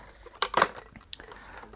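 The plastic main body of a Dyson V8 cordless vacuum is lowered back onto its cyclone and bin assembly. Sharp plastic knocks sound at 0.4 s and 1.1 s, with a cluster of knocking around 0.6 s, and the body seats in place.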